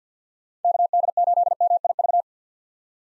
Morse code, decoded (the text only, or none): KD8MIV